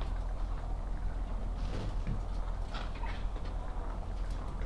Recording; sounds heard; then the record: poultry house recording; sick chickens (respiratory disease)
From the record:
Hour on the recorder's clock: 8